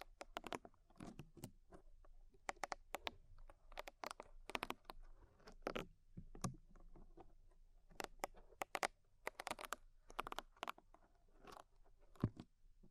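Ear cleaning with rhinestones and clay being picked away, heard as a dense run of sharp crackling taps and scratchy clicks. The bright snaps come irregularly several times a second, some clustered in quick bursts, over a soft low rumble.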